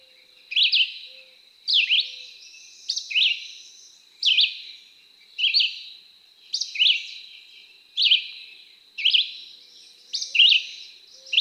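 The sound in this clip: Red-eyed Vireo giving a long run of short whistled phrases, spaced a little over a second apart against a constant high hum.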